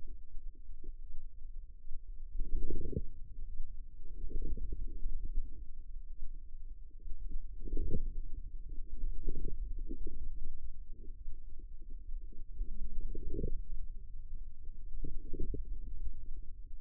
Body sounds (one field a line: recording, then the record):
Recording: forearm muscle sounds (acoustic myography)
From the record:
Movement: wrist flexion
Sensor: system 2, bracelet of six BSWA MPA416 microphones around the upper forearm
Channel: 6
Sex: female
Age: 25 years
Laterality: right